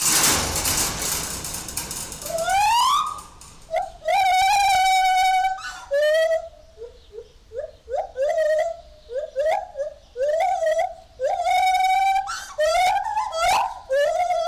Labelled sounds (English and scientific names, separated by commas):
Lar Gibbon (Hylobates lar)